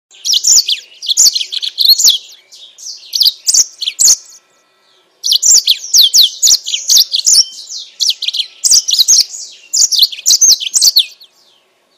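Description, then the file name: Yellow-fronted canary song: bright high chirps and rapid slurred notes in running phrases, broken by a pause of about a second midway. Mozambique singer used for training captive birds. "mozambik omkicau"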